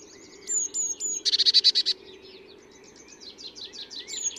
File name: Cyanistes caeruleus